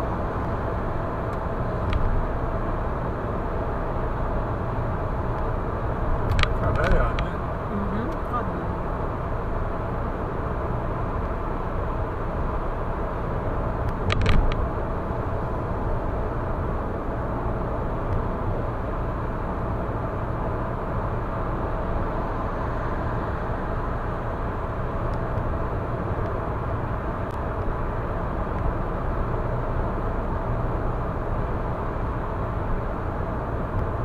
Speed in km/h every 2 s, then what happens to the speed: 106, 106, 106, 105, 105, 105, 105, 105, 105, 105, 105, 105, 105, 105, 105, 105, 105.
0-34 steady at about 105.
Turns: none.